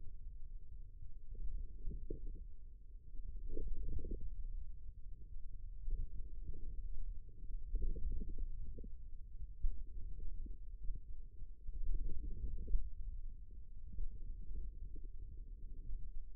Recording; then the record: forearm muscle sounds (acoustic myography)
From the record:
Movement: ulnar deviation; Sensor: system 2, bracelet of six BSWA MPA416 microphones around the upper forearm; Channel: 3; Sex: male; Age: 22 years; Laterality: right